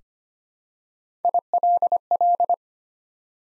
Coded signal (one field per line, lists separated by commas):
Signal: Morse code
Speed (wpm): 25 wpm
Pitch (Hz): 700 Hz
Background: none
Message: ILL